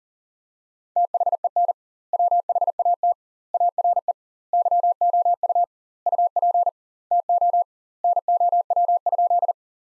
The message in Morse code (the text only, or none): THEN WHAT ARE YOU UP TO NOW?